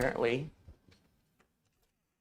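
Someone talks briefly, then a screw is driven into a drive mounting hole in a computer case, giving a faint tick at 0.9 s followed by a few softer ticks. The thread does not bite and the hole is stripped.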